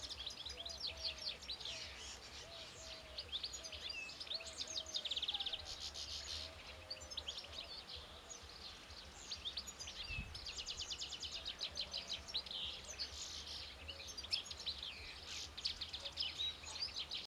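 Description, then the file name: European goldfinch calls, dense bright twittering and rapid chirps running almost continuously, with faint low whistles beneath and a steady low hum throughout. "Carduelis carduelis"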